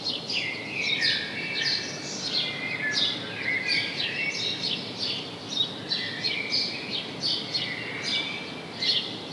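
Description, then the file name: House sparrow chirps, a run of sharp downslurred notes, with some longer lower notes and a soft background hiss. "Passer domesticus"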